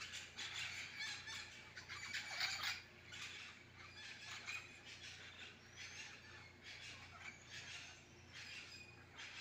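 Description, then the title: Parakeet flock chattering with rough, screechy squawks in uneven clusters, loudest in the first half, with a steady low hum underneath. Wild green parakeets feeding noisily on mangoes in a garden mango tree at 6:15 AM, possibly squabbling, with mangoes falling. "El Canto de los pericos en la mata de Mango"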